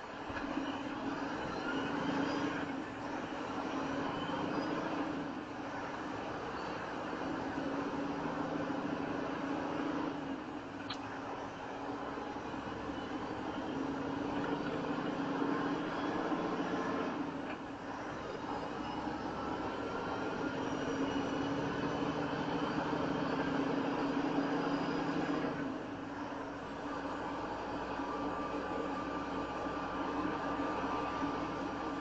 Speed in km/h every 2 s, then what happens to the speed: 11, 15, 18, 21, 23, 23, 24, 29, 32, 34, 37, 40, 44, 40, 42, 42.
0-6 speeds up to 21. 6-11 steady at about 23. 11-23 speeds up to 44. 23-32 steady at about 42.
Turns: 5-14.